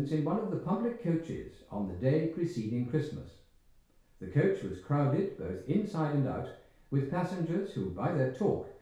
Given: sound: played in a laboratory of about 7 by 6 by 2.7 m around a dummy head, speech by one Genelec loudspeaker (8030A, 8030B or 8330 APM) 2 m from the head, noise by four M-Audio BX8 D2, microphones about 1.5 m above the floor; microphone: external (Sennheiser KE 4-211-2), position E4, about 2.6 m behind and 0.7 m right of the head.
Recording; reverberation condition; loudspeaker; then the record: male speech in English; medium; 150 degrees to the right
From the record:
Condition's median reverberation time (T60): about 510 ms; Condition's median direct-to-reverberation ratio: about -0.5 dB